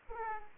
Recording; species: mosquito wingbeat signal from an infrared sensor; Aedes aegypti